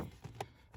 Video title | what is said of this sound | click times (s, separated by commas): 2020 Toyota Camry Cabin Air Filter Replacement EASY | And then you just snaps in place. | 0.4 s